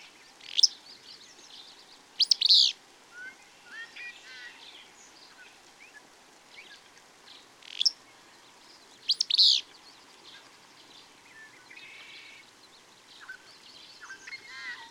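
Bird song: short high phrases repeated several seconds apart, with softer chirps and twitters between.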